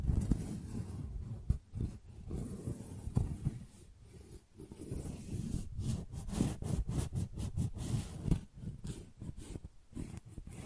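Tingly flower sounds: a continuous low, rough rustling with frequent sharp crinkly crackles, coming thickest between about six and ten seconds.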